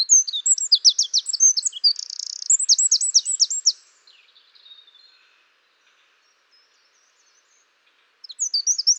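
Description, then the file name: Eurasian wren song: a rapid high-pitched outpouring of trills including a buzzy rattle, then a long pause before another loud trilling burst begins. "Troglodytes troglodytes"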